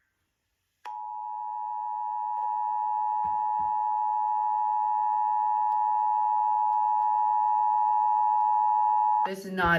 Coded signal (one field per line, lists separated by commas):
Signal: Emergency Alert System (SAME) tones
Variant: 853 and 960 Hz attention tone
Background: speech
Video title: EAS scenario the killer Easter bunny special￼